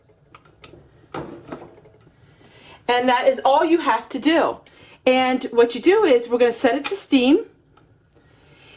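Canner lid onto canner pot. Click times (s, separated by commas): 0.3 s, 0.6 s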